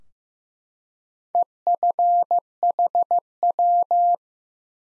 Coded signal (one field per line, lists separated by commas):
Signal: Morse code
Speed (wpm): 15 wpm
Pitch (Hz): 700 Hz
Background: none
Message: EFHW